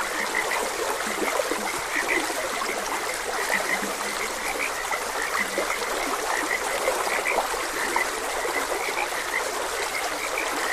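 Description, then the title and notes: Dense frog croaking, clicky and repeated without break, heard over the soft continuous rush of a stream. Frogs croaking beside a gentle stream. "Gentle Stream and Frogs Croaking. Sleep and Relaxation Podcast"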